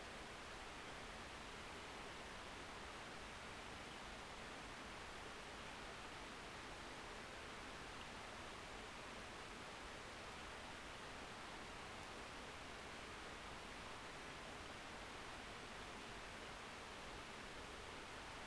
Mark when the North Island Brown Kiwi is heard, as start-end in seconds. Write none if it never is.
none